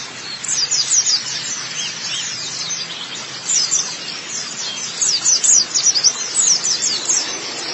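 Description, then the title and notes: White-eye song: clusters of thin, very high chirps in repeated bursts, rising and falling in loudness over a steady background twitter. "Kicauan Burung Pleci Durasi Panjang. Suara kicauan burung pleci"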